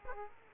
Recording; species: mosquito wingbeat signal from an infrared sensor; Aedes aegypti